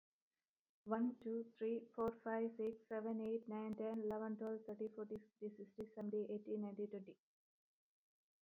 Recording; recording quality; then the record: counting at a fast pace; excellent, no background noise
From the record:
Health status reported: exposed to COVID-19, no respiratory illness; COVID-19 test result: not tested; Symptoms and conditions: cough, muscle pain, loss of smell and taste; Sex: female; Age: 27 years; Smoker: not ticked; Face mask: not worn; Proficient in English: yes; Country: India